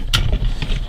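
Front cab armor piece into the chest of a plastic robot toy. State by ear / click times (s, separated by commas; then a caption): not seated / none. The front cab armor piece of a plastic Takara Tomy Transformers Legends LG42 Godbomber transforming robot toy is pushed into the chest. Over a steady low rumble, short plastic taps sound at about 0.6 and 0.9 seconds while the piece is handled. The clip ends before the part goes home, so nothing has seated or clicked yet.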